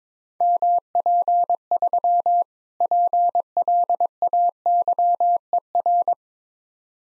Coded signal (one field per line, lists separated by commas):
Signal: Morse code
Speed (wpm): 21 wpm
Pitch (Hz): 700 Hz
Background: none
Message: MP3 PLAYER